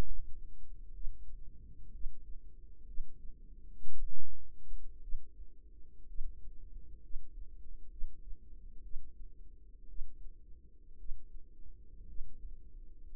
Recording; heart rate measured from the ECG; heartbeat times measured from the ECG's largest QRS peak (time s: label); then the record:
heart sounds by microphone in the right ear; 60 bpm
0.03 s: heartbeat
0.91 s: heartbeat
1.91 s: heartbeat
2.85 s: heartbeat
3.90 s: heartbeat
5.00 s: heartbeat
6.05 s: heartbeat
7.00 s: heartbeat
7.88 s: heartbeat
8.81 s: heartbeat
9.86 s: heartbeat
10.96 s: heartbeat
12.05 s: heartbeat
13.02 s: heartbeat
From the record:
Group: healthy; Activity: rest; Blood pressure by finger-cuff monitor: 92/63 mmHg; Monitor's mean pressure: 71 mmHg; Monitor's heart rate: 60 bpm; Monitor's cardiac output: 4.6 L/min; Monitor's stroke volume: 72 mL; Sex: female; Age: 36 years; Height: 163 cm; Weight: 88 kg